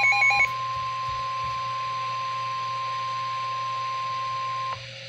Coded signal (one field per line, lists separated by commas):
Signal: Emergency Alert System (SAME) tones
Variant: 1050 Hz attention tone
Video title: EAS Severe Thunderstorm Warning for Mecklenburg County, Virginia